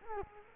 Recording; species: mosquito wingbeat signal from an infrared sensor; Culex quinquefasciatus